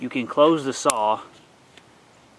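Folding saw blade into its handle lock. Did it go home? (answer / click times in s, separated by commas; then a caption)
yes / 1.8 s. Someone talks as the folding pruning saw blade is folded closed into its handle after the top release button is pressed. A single short click at 1.8 s marks the blade locking closed.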